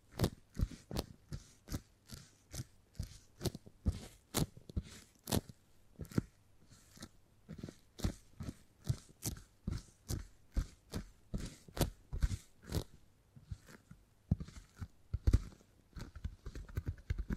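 Beeswax is handled in a steady run of sharp, crisp crunches and clicks, about two per second, with quiet pauses between them.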